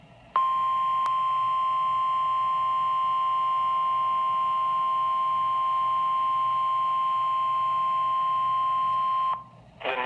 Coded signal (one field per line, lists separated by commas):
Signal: Emergency Alert System (SAME) tones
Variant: 1050 Hz attention tone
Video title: Severe Thunderstorm Warning EAS #35